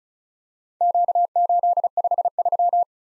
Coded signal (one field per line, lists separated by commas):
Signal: Morse code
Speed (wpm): 36 wpm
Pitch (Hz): 700 Hz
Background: none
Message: Q853